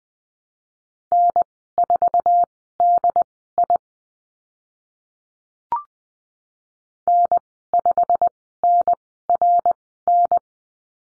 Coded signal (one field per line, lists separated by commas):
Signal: Morse code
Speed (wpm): 20 wpm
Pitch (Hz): 700 Hz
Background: none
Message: N4DI N5NRN